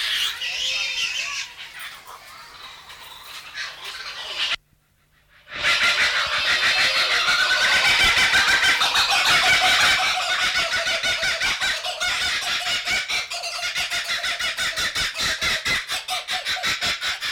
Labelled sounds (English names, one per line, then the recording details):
Little Egret
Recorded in captivity
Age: adult
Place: Zoo Augsburg, Bayern, DE
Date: 1993-09-04
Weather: 14 °C, bedeckt
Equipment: Marantz CP 430, Sennheiser MKH 416 T, Kopie Uher Variocord 263
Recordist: Tembrock, Günter